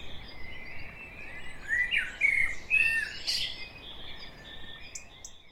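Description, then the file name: Common blackbird singing a short phrase of clear slurred notes around two to three seconds, ending in a brief high twitter, with quiet background hiss before and after. "Turdus merula"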